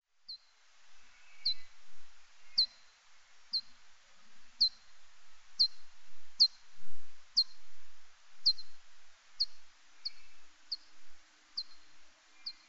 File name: BAT little forest bat